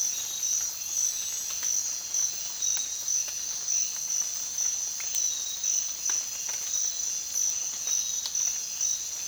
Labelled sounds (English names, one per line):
none